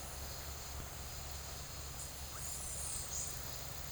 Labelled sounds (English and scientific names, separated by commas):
none